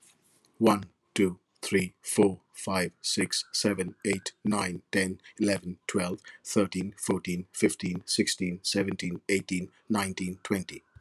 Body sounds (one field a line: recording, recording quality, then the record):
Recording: counting at a normal pace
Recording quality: excellent, no background noise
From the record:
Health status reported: healthy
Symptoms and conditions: none ticked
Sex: male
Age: 39 years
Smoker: yes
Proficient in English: yes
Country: India